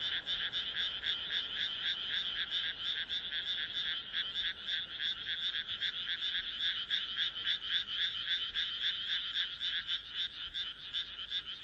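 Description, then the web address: Frogs calling together in a dense chorus of overlapping pulsed croaks, a continuous rattling texture with no pauses. "kaeru kaeru"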